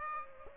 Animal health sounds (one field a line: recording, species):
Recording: mosquito wingbeat signal from an infrared sensor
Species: Aedes aegypti